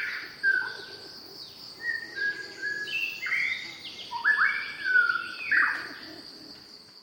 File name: Shama Song